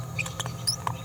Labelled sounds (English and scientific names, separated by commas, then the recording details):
Green-rumped Parrotlet (Forpus passerinus) babbling
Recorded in a nest box in Venezuela
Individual 18B17A4